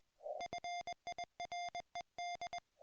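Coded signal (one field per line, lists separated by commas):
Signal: Morse code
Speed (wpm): 20 wpm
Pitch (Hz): 2100 Hz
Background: music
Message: FIRED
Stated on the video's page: Ragchew QSO on 40m using a YouKits HB-1B QRP transceiver and NVIS inverted-V dipole fed with twisted pair.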